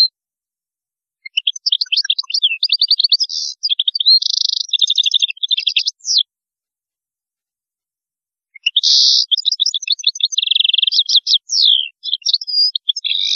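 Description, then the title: European goldfinch song: long, fast, tinkling phrases mixing chirps, buzzy rattles and trills, two extended bursts with a pause between. "Chant Chardonneret"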